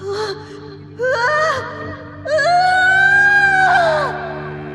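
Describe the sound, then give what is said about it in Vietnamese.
An anguished, ghostly scream of pain from the ghost of a drowned person rises in strained bursts, then swells into one long, loud, wavering high-pitched wail before trailing off, over a steady low droning hum. “Một tiếng thét vang lên, nhưng không còn là tiếng gầm gừ oán hận nữa, mà là một tiếng thét đầy đau đớn, như thể đang phải chịu đựng một sự tra tấn khủng khiếp.”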